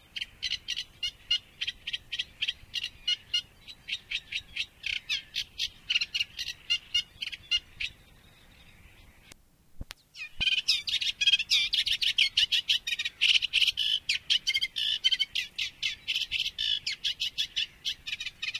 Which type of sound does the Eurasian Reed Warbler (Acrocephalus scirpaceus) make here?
song